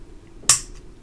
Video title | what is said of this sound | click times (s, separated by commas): Surgical Suction/Irrigator: Yup! It Sucks and Spits | hear that click that means it's engaged | 0.5 s